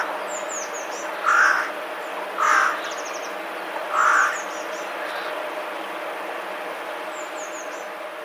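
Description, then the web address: Eurasian jay alarm calls: three harsh, rasping screeches one to two seconds apart, with thin high whistles from small birds and a steady background hiss. Alarm call of a Eurasian jay, recorded on 28 January 2021. "wroblowe ostrzegator sojka 28 01 2021"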